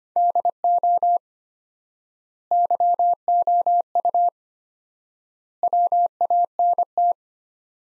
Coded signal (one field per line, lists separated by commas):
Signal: Morse code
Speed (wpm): 25 wpm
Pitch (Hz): 700 Hz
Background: none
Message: DO YOU WANT